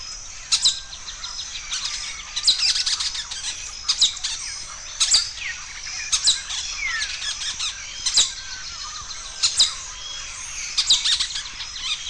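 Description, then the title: Bird song of high, sharp chirps and short trills in bursts roughly every one to two seconds, with quick sliding notes between them. "LuckyPassaro Completos2Sama"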